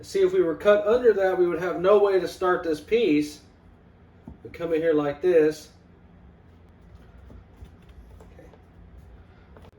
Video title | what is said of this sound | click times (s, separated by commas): how to install vinyl flooring TRAFFIC MASTER MOONSTONE rigid core plank DIY | we haven't had any binds everything fits and snaps into place | 9.6 s